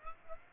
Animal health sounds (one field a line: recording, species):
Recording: mosquito wingbeat signal from an infrared sensor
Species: Aedes aegypti